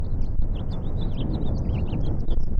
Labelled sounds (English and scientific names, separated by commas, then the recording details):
House Finch (Haemorhous mexicanus) song
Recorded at Neponsit on Long Island, New York, on 4 June 1975
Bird C